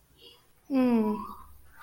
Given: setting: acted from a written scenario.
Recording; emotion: vocal sound without words; neutral